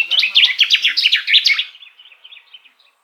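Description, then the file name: Common chaffinch singing a fast, bright trilled phrase that trails off into a fainter, softer tail. "Fringilla coelebs"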